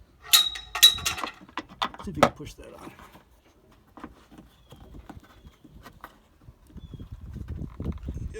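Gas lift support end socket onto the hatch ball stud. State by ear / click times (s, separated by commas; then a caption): not seated / none. Someone talks while the end socket of a new gas lift support on a Honda Odyssey minivan rear hatch is handled and pushed toward its ball stud. Sharp knocks and clatter come early, followed by quieter handling noises. Nothing has seated or clicked yet.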